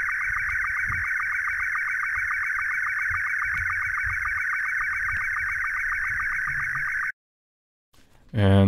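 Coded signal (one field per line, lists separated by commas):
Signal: SSTV (slow-scan television)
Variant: Scottie 2 mode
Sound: warbling high tone sweeping rapidly with steady regular ticks, about seven seconds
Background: brief speech at end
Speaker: what we're gonna do right now is we're gonna play the sound and it's going to automatically be to be detected with an MMS as TV and there we go now that we have our image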